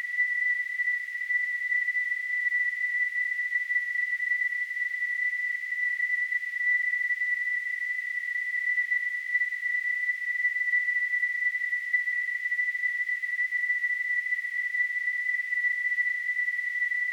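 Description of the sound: A simulated tonal tinnitus: a steady, continuous high-pitched pure tone near 2 kHz, unchanging throughout, with a faint hiss above it.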